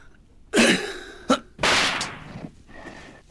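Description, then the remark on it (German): A loud rifle shot, fired at a stone thrown high into the air, bursts out and rings briefly, followed by a short sharp crack as the bullet hits the stone and then a second broad, hissing burst that fades away. No one speaks. “Mann, war das ein Schuss.”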